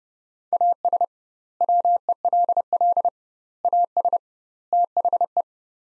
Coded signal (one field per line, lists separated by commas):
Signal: Morse code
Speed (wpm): 30 wpm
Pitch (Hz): 700 Hz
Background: none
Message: AS WELL AS THE